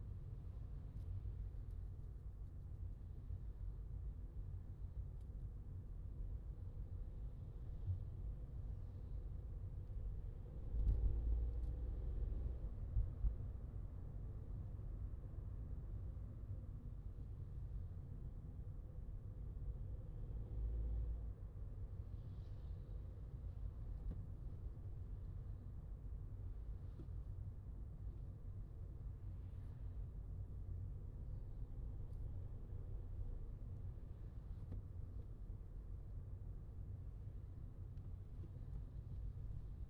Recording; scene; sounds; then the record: everyday scene through a hearing-aid microphone; in a vehicle; engine, traffic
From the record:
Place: Skoda Fabia, gasoline engine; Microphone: in the ear canal, left